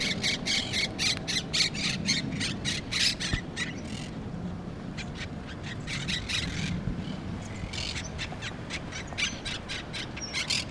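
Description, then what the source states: Monk parakeet squawking: grating, buzzy bursts tumbling quickly over one another, a brief lull midway, then the noisy chatter resumes. Recorded in Brooklyn; birds referred to as Brooklyn parrots.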